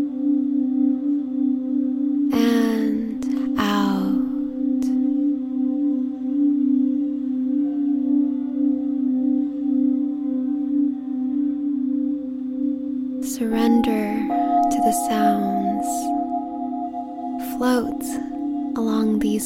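Crystal singing bowls ring with a steady, sustained low-mid tone that holds throughout, with a few fainter higher tones layered above. Brief bursts of voice-like sound interrupt around 2–4 seconds, then again from about 13 seconds to the end.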